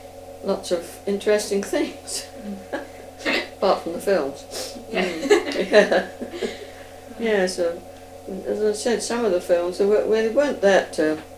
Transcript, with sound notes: lots of interesting things. [laughs] Apart from the films.
Yeah. [laughs]
Yes so, as I said, some of the films, they weren't that eh,